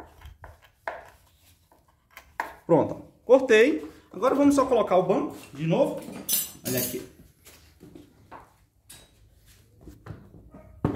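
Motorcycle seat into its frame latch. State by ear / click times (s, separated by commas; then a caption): seated / 10.9 s. After a rubber piece is trimmed to remove the play that made a Bros motorcycle seat rattle, someone talks while the seat is refitted onto its frame, with scattered knocks and taps. The seat is pushed down and latches into place with a sharp hit at 10.9 s, and it sits perfectly.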